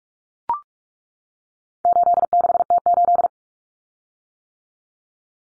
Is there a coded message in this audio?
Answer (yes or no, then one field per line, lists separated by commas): yes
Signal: Morse code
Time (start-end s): 1.9-3.3 s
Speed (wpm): 44 wpm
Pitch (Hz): 700 Hz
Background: none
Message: 86T8